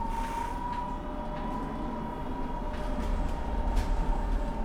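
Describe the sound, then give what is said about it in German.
A steady rumbling ride inside a line 3 tram in Bremen heading toward Weser-Wehr, passing the Marktplatz on a Sunday night, with a low rolling drone, a faint sustained tonal hum, and occasional brief clicks and rattles from the wheels and track. “Marktplatz, Straßenbahnfahrt, Stimmung eines verklingenden Son”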